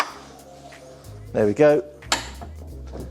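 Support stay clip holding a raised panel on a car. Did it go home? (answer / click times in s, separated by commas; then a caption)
yes / 2.1 s. A support stay clip on a Mercedes-Benz CL500 is fitted on each side of a hinged panel's support so the panel stays fully raised, while someone talks. A sharp metallic click sounds at 2.1 s as the support latch locks into place and the panel is held fully up.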